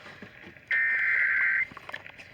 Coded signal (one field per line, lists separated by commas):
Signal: Emergency Alert System (SAME) tones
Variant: header bursts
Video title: I JUST TO BE A WATCH AND THEN A WARNING… EAS Alerts from 4/15/23 (EAS#180 & #213)